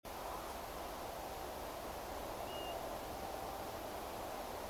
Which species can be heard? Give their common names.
European Golden Plover